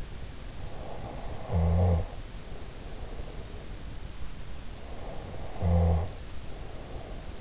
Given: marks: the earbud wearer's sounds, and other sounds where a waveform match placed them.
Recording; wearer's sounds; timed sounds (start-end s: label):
sounds in sleep by an in-ear microphone; snoring breath
0.65-3.61 s: snoring breath
4.73-7.41 s: snoring breath